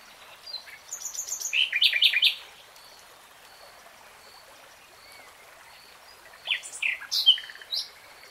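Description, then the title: Nightingale song in two varied phrases of chirps, slurred notes and quick trills, separated by about four seconds of quiet, with soft hiss behind. "[Tiếng chim hót] 3 Hours REALTIME Nightingale Singing"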